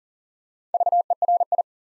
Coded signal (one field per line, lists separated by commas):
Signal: Morse code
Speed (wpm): 38 wpm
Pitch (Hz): 700 Hz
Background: none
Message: VERI